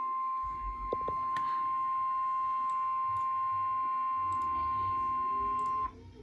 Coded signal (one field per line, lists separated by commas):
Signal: Emergency Alert System (SAME) tones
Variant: 1050 Hz attention tone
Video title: (ARCHIVED) Why Louisiana?! EAS alerts #11-20 from 4/15/2023